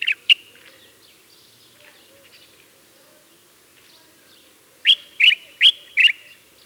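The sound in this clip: Common bulbul song: two quick chirps at the start, then a run of four bright, bubbly whistled notes about 0.4 s apart after a pause.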